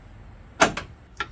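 The upper socket end of a gas hood-lift strut is pressed onto its ball-stud mount on a Ford Maverick pickup truck. Two broad knocks sound at about 0.6 and 0.8 seconds, then a short, sharp snap at 1.2 seconds as the strut end seats onto the ball stud.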